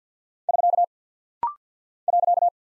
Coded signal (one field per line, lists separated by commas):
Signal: Morse code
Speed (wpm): 50 wpm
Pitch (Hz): 700 Hz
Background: none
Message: <SK> .